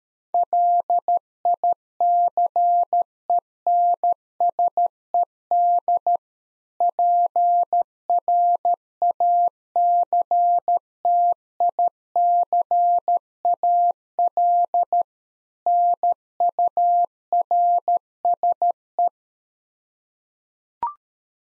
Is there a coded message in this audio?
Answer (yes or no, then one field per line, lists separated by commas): yes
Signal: Morse code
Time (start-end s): 0.3-19.1 s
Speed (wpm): 13 wpm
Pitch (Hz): 700 Hz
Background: none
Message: LICENSED PRACTICAL NURSE